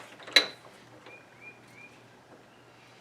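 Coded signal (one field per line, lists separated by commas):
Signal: none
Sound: mechanical clicks and clinks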